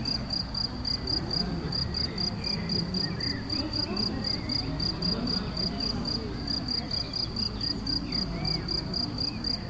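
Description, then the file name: Cricket chirping continues as a rapid, regular series of shrill pulsed notes, with a steady low background hum and faint sounds underneath. Crickets recorded in Galicia on 24 May 2014 with an MZ-N710 recorder. "Grillons la Galicia re 24 05 14"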